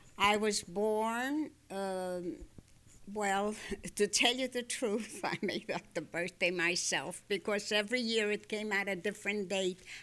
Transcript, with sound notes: I was born, well, to tell you the truth ( she laughs ) I made up the birth date myself, because every year it came out a different date.